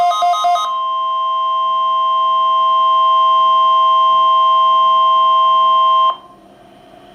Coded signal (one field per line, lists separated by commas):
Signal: Emergency Alert System (SAME) tones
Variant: 1050 Hz attention tone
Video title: Required Weekly Test [EAS #21] 6-20-12